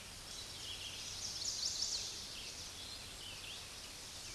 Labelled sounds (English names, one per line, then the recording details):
Chestnut-sided Warbler song
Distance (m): 35 m
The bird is about 5 m below the microphone
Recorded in a Pennsylvania forest on 16 May 2024 at 09:30
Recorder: AudioMoth, point MSD-2349
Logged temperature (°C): 15.8 °C
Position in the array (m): 36 m, 31 m